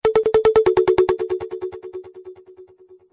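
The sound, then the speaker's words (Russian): A telephone rings with a rapid, buzzing trill of evenly spaced pulses on one steady mid-pitched tone, starting loud and slowly fading away over about three seconds, with no voices. “Третий поднял трубку телефона.”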